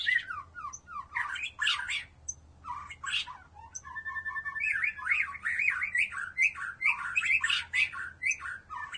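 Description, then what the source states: White-rumped shama song: a dense, continuous medley of chirps, slurred whistles and harsh scratchy notes with very little pause. From a mixed-bird recording.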